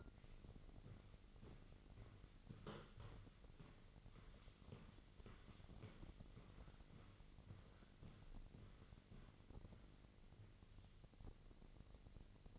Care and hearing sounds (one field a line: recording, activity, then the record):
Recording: daily activity, microphone in the room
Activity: walk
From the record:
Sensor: 4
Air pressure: 1002.5 hPa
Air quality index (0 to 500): 218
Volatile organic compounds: 12 ppm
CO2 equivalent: 2362 ppm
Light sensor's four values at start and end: 21/72/26/26 and 21/72/26/26